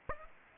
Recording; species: mosquito wingbeat signal from an infrared sensor; Aedes aegypti